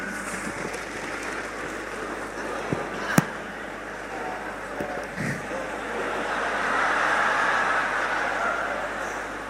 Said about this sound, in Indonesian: Kita tepuk tangan dulu buat teman-teman anak-anak motor.